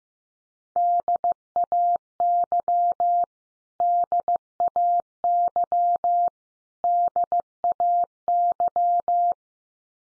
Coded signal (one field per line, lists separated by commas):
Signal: Morse code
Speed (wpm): 15 wpm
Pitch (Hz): 700 Hz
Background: none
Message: DAY DAY DAY